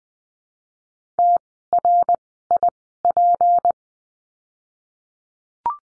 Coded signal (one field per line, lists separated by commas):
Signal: Morse code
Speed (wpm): 20 wpm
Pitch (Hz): 700 Hz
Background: none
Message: T R I P